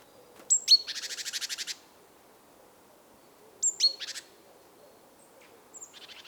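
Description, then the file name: Great tit calls: sharp high whistled notes leading into a harsh buzzy churr, then a shorter second burst and faint notes near the end. "Parus major"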